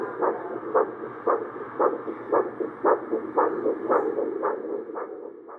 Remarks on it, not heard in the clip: Listening to his daughter’s heart. Recipient of his daughter’s heart. We may need a stethoscope. The heartbeat that was heard around the world.